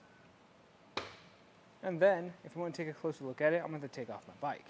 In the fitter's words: And then from here, we can put it back up until it clicks.